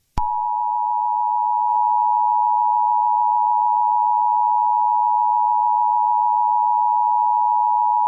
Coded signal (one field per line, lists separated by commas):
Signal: Emergency Alert System (SAME) tones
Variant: 853 and 960 Hz attention tone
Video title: The Halloween Entities (EAS Scenario) Part 1